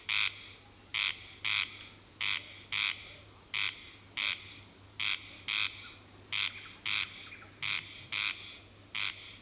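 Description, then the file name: Corn crake's grating crex-crex call, paired rasping notes repeated many times at a steady pace over a faint low hum. "Digiffects Sound Effects Library - Corn Crake"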